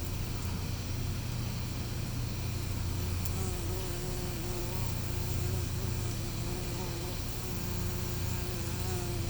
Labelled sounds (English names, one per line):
none